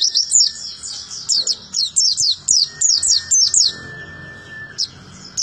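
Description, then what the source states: White-eye song: rapid high, thin chirping phrases of quick descending notes, bursting in clusters, with a steady faint tone beneath and brief pauses near the end. Song described as melodious and long.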